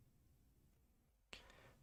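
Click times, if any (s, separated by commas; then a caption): 1.3 s. A painted plastic model kit part is pressed down into its mating piece. After a quiet stretch, a single sharp snap rings out at 1.3 seconds, followed by a brief, fading tail of low handling noise. The part snaps into place and is seated.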